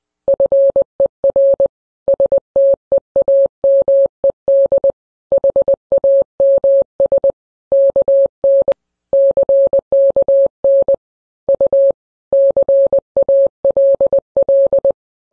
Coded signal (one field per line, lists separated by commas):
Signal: Morse code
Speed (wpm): 20 wpm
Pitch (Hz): 550 Hz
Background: none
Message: FER STEAMED HAMS KN CKN U CALL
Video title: The Simpsons Presents: Steamed Hams - Morse Code: Part 2